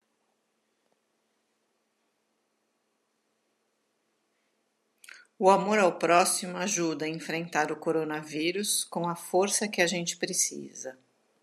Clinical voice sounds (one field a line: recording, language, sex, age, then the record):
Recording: spoken sentence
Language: Brazilian Portuguese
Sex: female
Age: 50 to 59 years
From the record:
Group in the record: control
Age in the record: 51 years